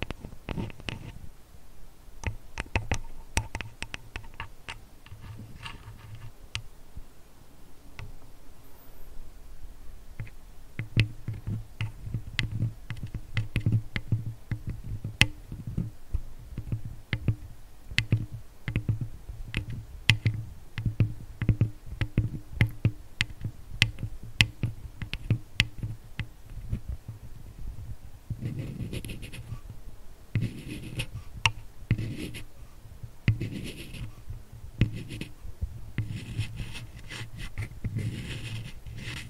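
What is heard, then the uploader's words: Irregular tapping and scratching, sharp clicks throughout, turning denser with brighter rubbing and scratching after about 28 seconds. ASMR tapping, scratching, touching [no talking].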